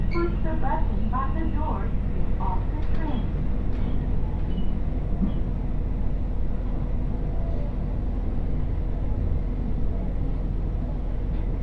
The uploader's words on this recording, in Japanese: 津軽線 蟹田→津軽二股。列車はGV-E400系の1両で、いわゆるハイブリッド車になります。ほどよく混んでいてロングシートに座ります。